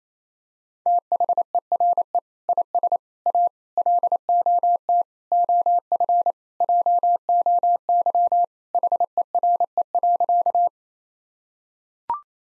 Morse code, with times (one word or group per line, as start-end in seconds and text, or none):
0.9-2.2 THERE
2.5-3.0 IS
3.3-3.5 A
3.8-5.0 LOT
5.3-6.3 OF
6.6-8.4 JOY
8.7-10.7 HERE.